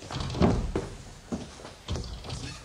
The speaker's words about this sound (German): hilfst du mir mal mit der Tür? Ja.